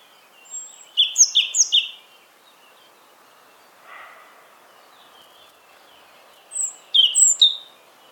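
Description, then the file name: European robin song: a fast, high, tinkling phrase near the start, a long pause, then a second similar phrase toward the end. "Erithacus rubecula"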